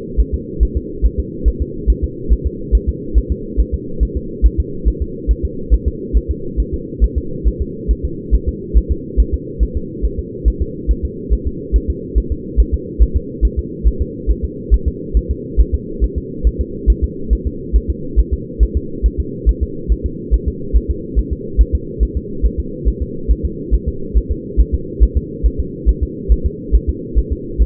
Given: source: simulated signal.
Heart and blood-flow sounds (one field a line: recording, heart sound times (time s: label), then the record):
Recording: fetal heart sounds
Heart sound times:
0.20 s: S1
0.34 s: S2
0.63 s: S1
0.77 s: S2
1.06 s: S1
1.19 s: S2
1.48 s: S1
1.62 s: S2
1.90 s: S1
2.04 s: S2
2.32 s: S1
2.47 s: S2
2.75 s: S1
2.89 s: S2
3.18 s: S1
3.32 s: S2
3.60 s: S1
3.74 s: S2
4.03 s: S1
4.17 s: S2
4.46 s: S1
4.60 s: S2
4.88 s: S1
5.02 s: S2
5.31 s: S1
5.45 s: S2
5.74 s: S1
5.88 s: S2
6.17 s: S1
6.31 s: S2
6.60 s: S1
6.74 s: S2
7.04 s: S1
7.18 s: S2
7.47 s: S1
7.62 s: S2
7.91 s: S1
8.05 s: S2
8.34 s: S1
8.49 s: S2
8.78 s: S1
8.91 s: S2
9.20 s: S1
9.34 s: S2
9.63 s: S1
9.77 s: S2
10.05 s: S1
10.19 s: S2
10.48 s: S1
10.62 s: S2
10.91 s: S1
11.05 s: S2
11.33 s: S1
11.47 s: S2
11.76 s: S1
11.90 s: S2
12.18 s: S1
12.32 s: S2
12.60 s: S1
12.74 s: S2
13.03 s: S1
13.16 s: S2
13.45 s: S1
13.59 s: S2
13.88 s: S1
14.02 s: S2
14.31 s: S1
14.44 s: S2
14.74 s: S1
14.88 s: S2
15.17 s: S1
15.31 s: S2
15.60 s: S1
15.75 s: S2
16.04 s: S1
16.18 s: S2
16.47 s: S1
16.61 s: S2
16.90 s: S1
17.04 s: S2
17.33 s: S1
17.47 s: S2
17.76 s: S1
17.90 s: S2
18.19 s: S1
18.34 s: S2
18.63 s: S1
18.77 s: S2
19.06 s: S1
19.20 s: S2
19.49 s: S1
19.63 s: S2
19.92 s: S1
20.06 s: S2
20.34 s: S1
20.48 s: S2
20.77 s: S1
20.91 s: S2
21.19 s: S1
21.33 s: S2
21.61 s: S1
21.75 s: S2
22.03 s: S1
22.17 s: S2
22.46 s: S1
22.60 s: S2
22.88 s: S1
23.02 s: S2
23.31 s: S1
23.45 s: S2
23.74 s: S1
23.88 s: S2
24.18 s: S1
24.31 s: S2
24.60 s: S1
24.74 s: S2
25.03 s: S1
25.17 s: S2
25.46 s: S1
25.60 s: S2
25.89 s: S1
26.03 s: S2
26.32 s: S1
26.46 s: S2
26.75 s: S1
26.89 s: S2
27.19 s: S1
27.32 s: S2
27.62 s: S1
From the record:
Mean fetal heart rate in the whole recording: 140 bpm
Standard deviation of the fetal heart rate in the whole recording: 2 bpm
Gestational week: 34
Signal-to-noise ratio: -4.3 dB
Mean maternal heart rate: 72 bpm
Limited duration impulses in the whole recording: absent